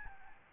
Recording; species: mosquito wingbeat signal from an infrared sensor; Aedes albopictus